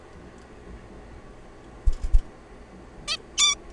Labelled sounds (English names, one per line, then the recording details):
Zebra Finch
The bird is a juvenile
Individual R3428